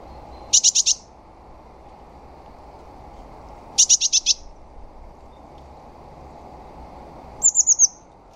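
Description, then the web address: Bird calls: two bursts of four quick high notes, then a run of several thin high notes falling slightly in pitch, over faint low background noise. "cianscape. Deverinetal. Bird Only"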